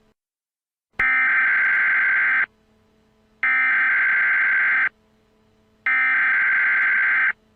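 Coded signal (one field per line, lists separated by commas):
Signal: Emergency Alert System (SAME) tones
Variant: header bursts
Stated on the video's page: Prototype of a fictional EAS scenario.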